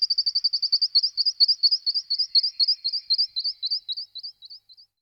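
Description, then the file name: Western rock nuthatch song: a long, fast trill of high, sharp repeated notes, several per second, slowing slightly and fading at the end. "Brhlik skalni Sitta neumayer"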